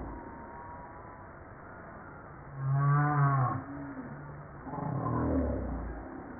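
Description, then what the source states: Humpback whale song: one loud low harmonic moan in the middle, followed by a softer rough groaning sweep. Recorded 5 March 1994.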